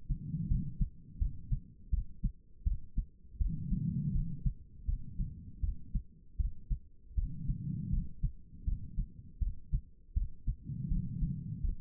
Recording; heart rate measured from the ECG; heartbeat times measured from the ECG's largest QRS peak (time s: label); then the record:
heart sounds by stethoscope; 81 bpm
0.48 s: heartbeat
1.19 s: heartbeat
1.91 s: heartbeat
2.64 s: heartbeat
3.38 s: heartbeat
4.13 s: heartbeat
4.86 s: heartbeat
5.61 s: heartbeat
6.37 s: heartbeat
7.15 s: heartbeat
7.91 s: heartbeat
8.65 s: heartbeat
9.39 s: heartbeat
10.14 s: heartbeat
10.89 s: heartbeat
11.62 s: heartbeat
From the record:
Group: healthy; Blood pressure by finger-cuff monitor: 108/72 mmHg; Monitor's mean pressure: 85 mmHg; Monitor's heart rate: 81 bpm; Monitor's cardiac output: 4.9 L/min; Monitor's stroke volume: 60 mL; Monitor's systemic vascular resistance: 1270 dyn s/cm5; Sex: female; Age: 51 years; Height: 162 cm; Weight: 70.04 kg